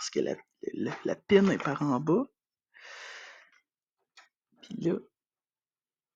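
A cable connector for a PC component header is being handled and turned to the right orientation. Someone talks, then a soft rustle of handling follows around 2.8 s, and later there are brief faint sounds. Nothing has seated or clicked yet.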